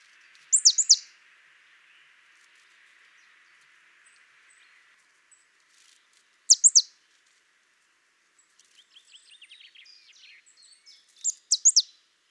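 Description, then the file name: Marsh tit calls: short bursts of two or three sharp high notes near the start, middle and end, with fainter notes before the last burst and a soft background hiss. "Poecile palustris"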